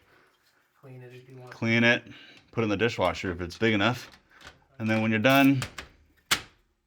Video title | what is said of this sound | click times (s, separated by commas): 2025 QuietCool Whole House Fan Installation Guide - Complete Walkthrough for Single & Zoned Systems | it just snaps back in place. | 6.3 s